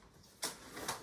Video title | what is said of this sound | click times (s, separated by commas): Bugaboo Strollers: How to Fold | and unfolding is again the same way so hit the buttons pull it out until it clicks | 0.9 s